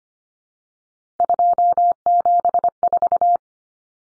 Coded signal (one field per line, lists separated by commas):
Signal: Morse code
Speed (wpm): 25 wpm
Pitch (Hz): 700 Hz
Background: none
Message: 274